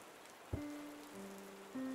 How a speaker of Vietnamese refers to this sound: Nhìn ra ngoài trời, cơn mưa vẫn chưa có dấu hiệu ngưng. Trái lại, có phần càng lúc càng dữ dội hơn. Tiếng sấm chớp đì đùng, mây đen vần vũ che đi toàn bộ ánh sáng mặt trời, khiến cho rừng núi vốn đã âm u nay càng thêm rợn ngợp.